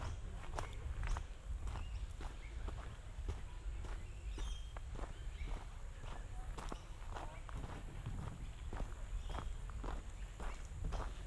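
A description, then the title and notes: Footsteps on a forest walk at Walkabout Creek, crunching at a fairly regular pace of roughly one or two steps per second throughout. A low rumble and steady hiss sit underneath, with a few faint bird chirps scattered through the middle. Today, join me as I head back into the state of Queensland, on a short walk through the forest in Walkabout creek, around 12 Kilometers outside Brisbane.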